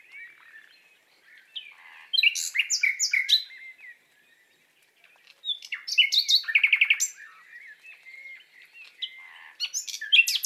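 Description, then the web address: Common nightingale song: bursts of rapid, varied phrases mixing sharp clicks and bright whistled notes, with quieter notes in the pauses. Nightingale in love, singing courtship song. "annee nature rossignol amoureux"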